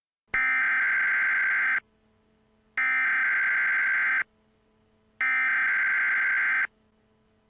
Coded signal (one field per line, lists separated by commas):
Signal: Emergency Alert System (SAME) tones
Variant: header bursts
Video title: EAS Scenario #9: Mickey Error 6 Its Not Over Yet